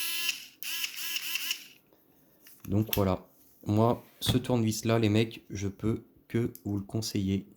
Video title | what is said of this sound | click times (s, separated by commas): Réglage Xray x10 pancar. Banc hudy | ta visseuse et en plus il se clipse donc | 0.6 s